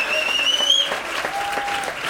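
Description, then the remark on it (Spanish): An audience applauds steadily for about two seconds, a dense, even wash of many hands clapping, with a thin high whistle-like tone briefly riding over the start. “¡Fuerte el aplauso para mí!”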